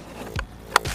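A new diesel oil filter element with small plastic teeth on its end is pushed into a plastic filter housing cap. There is a soft knock at about 0.4 s, then a sharp, bright click at 0.8 s as the teeth snap into place, followed by low rubbing. The element is seated in the housing cap.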